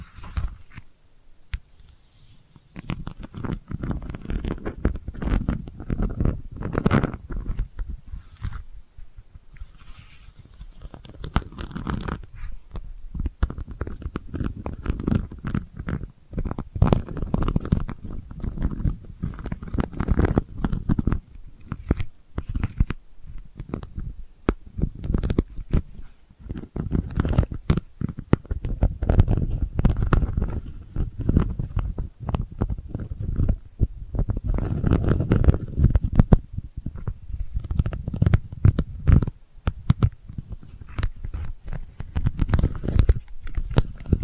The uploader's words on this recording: ASMR Delicate Scratching for Sleep (No Talking).